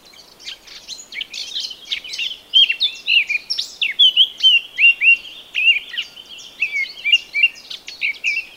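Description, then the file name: Eurasian blackcap song: hurried scratchy twittering followed by loud, rich whistled phrases rising and falling over several seconds. "Sylvia atricapilla"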